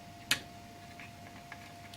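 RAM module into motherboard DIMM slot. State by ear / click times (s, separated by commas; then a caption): seated / 0.3 s. A RAM module is pressed down into a motherboard DIMM slot, and a sharp click at 0.3 s marks the retaining clips snapping shut as the stick seats. Fainter ticks follow at about 1.0, 1.5 and 2.0 s over a steady faint hum.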